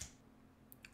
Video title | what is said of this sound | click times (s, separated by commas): 4DRC VERTIJET Mini Helikopter 4D M3 Mini Drohne deutsch BANGGOOD Quadrocopter @Willis3DDruck | der wird dem bloß so eingeschoben und eingerastet | 0.7 s, 0.8 s